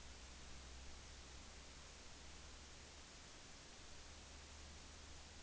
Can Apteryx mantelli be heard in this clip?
no